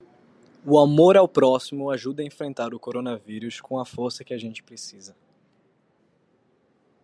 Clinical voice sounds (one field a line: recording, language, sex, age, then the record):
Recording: spoken sentence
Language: Brazilian Portuguese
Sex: male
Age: 18 to 19 years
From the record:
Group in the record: control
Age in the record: 18 years